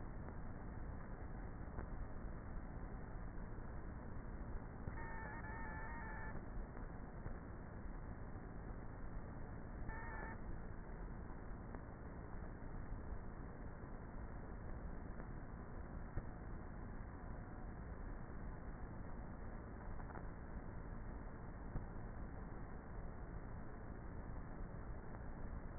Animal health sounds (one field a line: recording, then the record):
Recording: honeybee colony, microphone inside the hive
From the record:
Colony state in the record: queenless with a low population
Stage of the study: before two queens were removed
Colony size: about 30,000 bees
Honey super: no